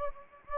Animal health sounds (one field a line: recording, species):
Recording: mosquito wingbeat signal from an infrared sensor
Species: Anopheles gambiae